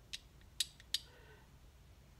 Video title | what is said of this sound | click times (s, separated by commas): Field stripping your firearm is not a big deal. | Your barrel has now locked up with a slide. | 0.6 s, 0.9 s